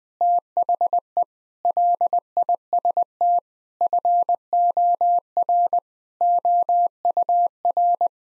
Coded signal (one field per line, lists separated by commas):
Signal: Morse code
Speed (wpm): 20 wpm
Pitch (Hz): 700 Hz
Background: none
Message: THE LIST FOR OUR